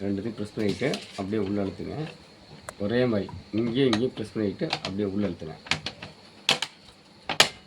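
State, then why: Seated. A replacement print head for a TVS 4200 dot-matrix printer is pushed into the printer carriage after the two release tabs on each side are pressed, while someone talks. Two loud clicks at 6.5 s and 7.4 s are the latches locking, and the print head is seated in the carriage.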